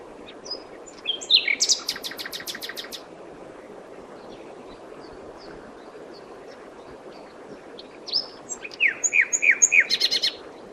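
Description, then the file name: Common nightingale song: a burst of rapid repeated clicking notes with high whistles, a pause, then another phrase of fast rising pulses and thin whistles. "Luscinia megarhynchos"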